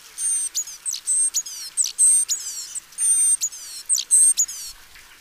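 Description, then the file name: Great tit calls: a rapid, irregular series of very high, thin whistled notes and sharp downward-sweeping chips, clustered in short bursts with brief gaps. "Parus major"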